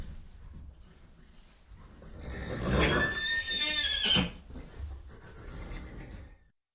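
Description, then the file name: Horse giving a long, high, wavering whinny, with soft shuffling noises before and after. Horse recorded inside a stable. "Sound Ideas 2000 Series. Horse In Stable"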